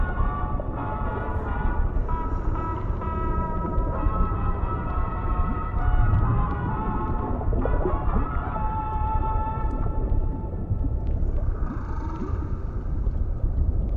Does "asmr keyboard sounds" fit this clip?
no